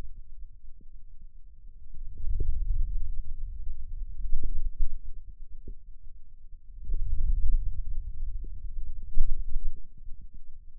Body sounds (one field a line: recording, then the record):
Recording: forearm muscle sounds (acoustic myography)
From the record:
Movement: wrist extension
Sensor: system 2, bracelet of six BSWA MPA416 microphones around the upper forearm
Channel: 1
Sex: male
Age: 22 years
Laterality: right